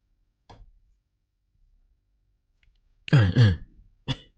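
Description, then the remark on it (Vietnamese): A small throat-clearing sound, then two loud, harsh coughs in quick succession followed by one shorter cough from a person who has an ongoing cough, with brief quiet gaps between them. “Mình vẫn đang bị ho anh em thông cảm nhé.”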